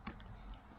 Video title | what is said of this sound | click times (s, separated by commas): RIGGED: Kayak Action Camera Setup | and stick it into the ram adapter post until it clicks it's | 0.1 s